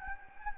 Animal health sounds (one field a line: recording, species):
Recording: mosquito wingbeat signal from an infrared sensor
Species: Anopheles gambiae